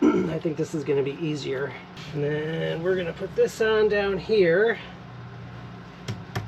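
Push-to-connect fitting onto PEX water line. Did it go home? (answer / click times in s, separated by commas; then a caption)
yes / 6.1 s, 6.4 s. Someone talks while a brass push-to-connect plumbing fitting is pushed onto PEX plastic water tubing at an RV water pump, its internal teeth gripping the tubing. Two sharp clicks sound at 6.1 s and 6.4 s as the fitting seats onto the line.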